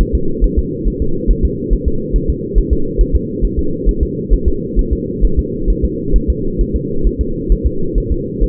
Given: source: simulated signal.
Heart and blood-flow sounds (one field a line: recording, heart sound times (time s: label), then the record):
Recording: fetal heart sounds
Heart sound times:
0.01 s: S1
0.15 s: S2
0.44 s: S1
0.58 s: S2
0.88 s: S1
1.02 s: S2
1.31 s: S1
1.45 s: S2
1.73 s: S1
1.88 s: S2
2.16 s: S1
2.30 s: S2
2.58 s: S1
2.73 s: S2
3.01 s: S1
3.16 s: S2
3.44 s: S1
3.59 s: S2
3.89 s: S1
4.03 s: S2
4.33 s: S1
4.48 s: S2
4.79 s: S1
4.93 s: S2
5.24 s: S1
5.39 s: S2
5.70 s: S1
5.84 s: S2
6.16 s: S1
6.30 s: S2
6.61 s: S1
6.75 s: S2
7.07 s: S1
7.21 s: S2
7.52 s: S1
7.66 s: S2
7.98 s: S1
8.12 s: S2
8.44 s: S1
From the record:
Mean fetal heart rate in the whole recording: 135 bpm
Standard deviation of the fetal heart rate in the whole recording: 3 bpm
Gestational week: 36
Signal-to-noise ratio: -8.1 dB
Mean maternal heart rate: 72 bpm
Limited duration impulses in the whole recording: absent